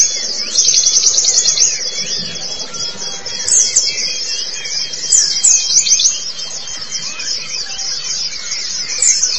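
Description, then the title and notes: White-eye song, a constant flow of very high, rapid chirps with occasional sharper notes standing out. Long-duration recording of the chirping song. "Kicauan Burung Pleci Durasi Panjang. Suara kicauan burung pleci"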